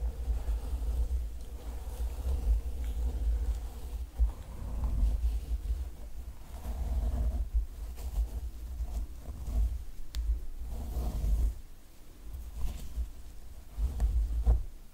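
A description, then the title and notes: Scratching and brushing sounds rub along in an uneven, continuous texture over a heavy low rumble. Short sharper strokes break through now and then, notably around 4, 10 and 12 seconds, with a few brief dips in between. ASMR scratching, braiding, brushing.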